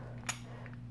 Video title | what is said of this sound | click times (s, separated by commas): airsoft speedsoft loadout plus tips!!! | on and they snap into place and this one is not going anywhere | 0.3 s